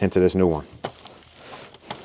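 Someone talks briefly, then a few faint, short handling taps and rustles follow as plastic A/C-area trim pieces from the old surround are fitted into a new LED-backed A/C surround trim panel for a 440i, with the protective film still on. Nothing has seated or clicked into place yet.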